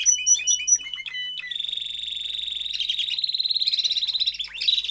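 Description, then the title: Domestic canary song starting with choppy mixed notes, then settling into a long, fast, evenly pulsed rolling trill. Male canary singing a lot; recording for training, to warm up young and Belgian canaries in 30 minutes. "Canary Training Esquente Seu Filhote E Canario Belga Em 30 Minutos Macho Cantando Muito"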